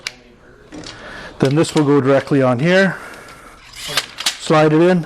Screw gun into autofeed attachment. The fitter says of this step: gun simply lock that into there till you hear the click then